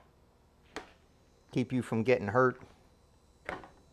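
A plastic hand guard is pushed onto the body of an Elicicopo battery-operated 21-inch, 21-volt dual-sided hedge trimmer after being turned the right way round, since it had been on backwards. A sharp knock is heard at about 0.8 s, someone talks, and then a sharp click comes at 3.5 s. The guard snaps into place and is seated.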